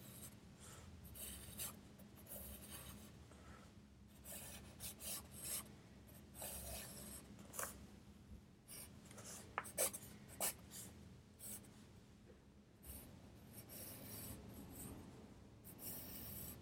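A pencil scratches and rubs across paper in short, irregular strokes, some quick and bright, a few sharper taps near the tenth second. Underneath runs a steady low hum and a soft, even hiss that never changes.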